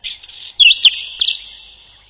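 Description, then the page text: Whinchat giving a brief phrase of a few sharp twittering notes that fades away. "Луговой чекан — Saxicola rubetra"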